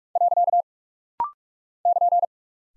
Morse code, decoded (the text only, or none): . <KN>